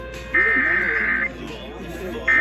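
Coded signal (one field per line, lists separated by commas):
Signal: Emergency Alert System (SAME) tones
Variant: header bursts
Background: speech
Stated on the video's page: Texas Required Monthly Test EAS alert.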